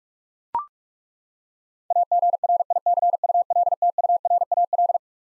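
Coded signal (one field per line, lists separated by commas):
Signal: Morse code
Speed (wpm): 41 wpm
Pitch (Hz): 700 Hz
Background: none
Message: AGRICULTURAL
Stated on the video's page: Computer-generated 45 wpm Morse head-copy practice of twelve-letter words, each sent, spoken, then sent again.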